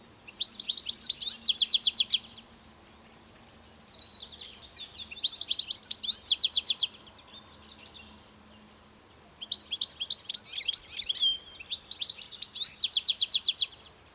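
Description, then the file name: European goldfinch producing three bursts of bright, fast twittering with buzzy repeated notes, separated by brief quieter gaps. "Carduelis carduelis"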